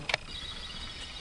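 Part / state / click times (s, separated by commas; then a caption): SATA cable connector into hard drive port / not seated / none. A second L-shaped SATA connector, power or data, is handled against the port of an internal hard drive being installed in a DVR. A brief, sharp double tap of plastic handling stands out near the start, followed by a steady, quiet background hiss. Nothing has seated or clicked yet.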